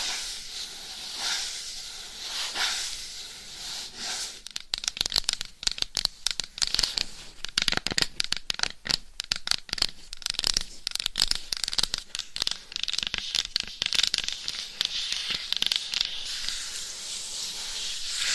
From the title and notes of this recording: ASMR Mic Scratching - Brain Scratching Hypnotic Asmr No Talking for Sleep with Long Nails.